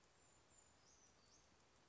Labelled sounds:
Brown Creeper
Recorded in Sonoma County, California

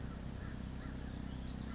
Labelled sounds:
California Towhee
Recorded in Sonoma County, California

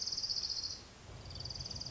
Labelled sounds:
Orange-crowned Warbler
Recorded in Sonoma County, California

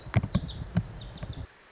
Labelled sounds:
Pacific Wren
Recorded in Sonoma County, California

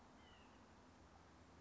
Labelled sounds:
White-breasted Nuthatch
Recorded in Sonoma County, California

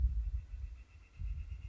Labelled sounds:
Northern Flicker
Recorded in Sonoma County, California

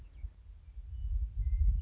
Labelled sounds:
Western Meadowlark
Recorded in Sonoma County, California

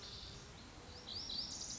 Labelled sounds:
Lazuli Bunting
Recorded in Sonoma County, California

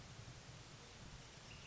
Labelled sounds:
Ash-throated Flycatcher
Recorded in Sonoma County, California

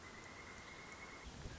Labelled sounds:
Pileated Woodpecker
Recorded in Sonoma County, California

